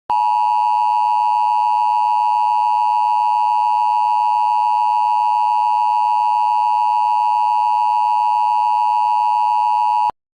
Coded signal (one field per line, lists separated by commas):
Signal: Emergency Alert System (SAME) tones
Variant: 853 and 960 Hz attention tone